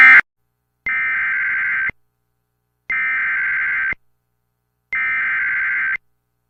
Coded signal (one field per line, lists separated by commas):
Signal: Emergency Alert System (SAME) tones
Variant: header bursts